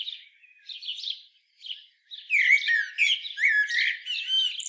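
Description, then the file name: Common blackbird giving squeaky, scratchy high notes, quiet at first, then a louder burst of rapid twittering and chattering phrases in the second half. "Turdus merula"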